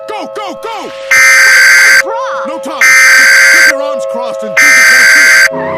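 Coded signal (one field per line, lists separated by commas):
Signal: Emergency Alert System (SAME) tones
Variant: header bursts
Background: speech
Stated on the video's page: Fictional EAS mock-up about a Columbus tornado catastrophe.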